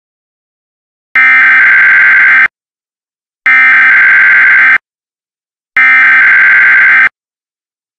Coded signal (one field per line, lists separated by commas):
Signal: Emergency Alert System (SAME) tones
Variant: header bursts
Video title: EAS Scenario: Yellowstone